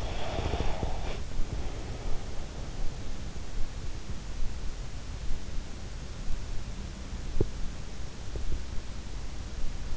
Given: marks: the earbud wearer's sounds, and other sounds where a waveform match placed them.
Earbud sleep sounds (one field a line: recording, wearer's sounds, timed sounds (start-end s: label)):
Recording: sounds in sleep by an in-ear microphone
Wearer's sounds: breath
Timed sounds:
0.00-2.32 s: breath